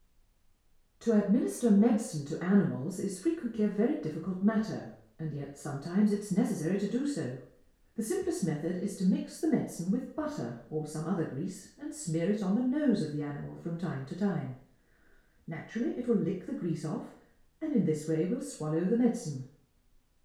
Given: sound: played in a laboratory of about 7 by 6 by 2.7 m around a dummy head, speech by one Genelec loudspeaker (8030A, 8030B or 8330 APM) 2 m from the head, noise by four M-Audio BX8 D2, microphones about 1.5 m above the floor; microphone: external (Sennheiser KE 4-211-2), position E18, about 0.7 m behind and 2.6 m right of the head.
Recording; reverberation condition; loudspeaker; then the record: female speech in English; medium; 120 degrees to the right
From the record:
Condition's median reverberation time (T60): about 510 ms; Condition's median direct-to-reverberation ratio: about -0.5 dB